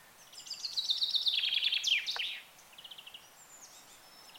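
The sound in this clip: Bird song: a long, quick, trilled phrase of high chirps early, then a softer short series of repeated notes and a few faint whistles.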